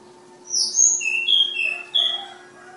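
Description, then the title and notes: Flowerpecker song: quick run of very high, thin whistled notes sliding down in steps, followed by softer twitters, with a faint constant hum beneath. Tledekan/sulingan bird called Ababil, from Kudus. "Tledekan/Sulingan ABABIL. Suara Burung Tledekan Ababil dari Kudus"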